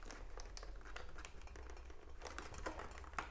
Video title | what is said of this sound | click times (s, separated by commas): Günstiges Motorrad Intercom? Test XGP V5.2 (subtitles) | Und es rastet ein. | 3.2 s